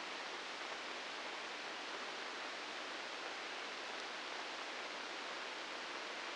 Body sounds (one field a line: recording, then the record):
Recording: brain microelectrode recording played as sound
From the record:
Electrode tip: inside the subthalamic nucleus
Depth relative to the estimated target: -2 mm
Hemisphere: right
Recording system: NeuroSet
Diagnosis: Parkinson's disease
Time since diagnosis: 9 years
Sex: female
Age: 51 years